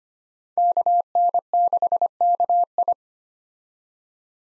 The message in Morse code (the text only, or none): KN6KI